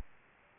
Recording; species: mosquito wingbeat signal from an infrared sensor; Aedes aegypti